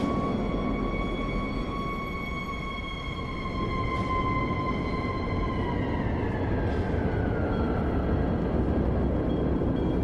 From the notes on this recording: automobiles, trucks, construction equipment, mopeds and motorcycles, buses, street sounds and a variety of police and ambulance sirens